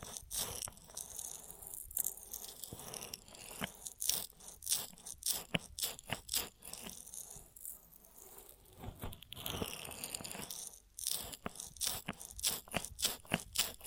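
Ear massage triggers: rapid, crunchy scratching and rubbing sounds come in dense bursts, bright and crackly on top with soft low thumps underneath. The clicks cluster irregularly, easing into a quieter, smoother rubbing stretch around the middle before picking up again.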